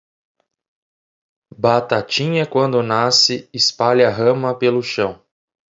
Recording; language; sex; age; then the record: short text; Brazilian Portuguese; male; 20 to 29 years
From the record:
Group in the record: control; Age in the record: 27 years